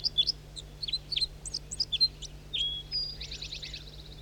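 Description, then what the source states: Red crossbill sharp, high chip notes in quick succession, then a drawn-out whistle and a rapid buzzy trill near the end. Males; one in flight joining another that is singing; possibly the same bird recorded two minutes earlier.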